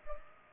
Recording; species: mosquito wingbeat signal from an infrared sensor; Culex pipiens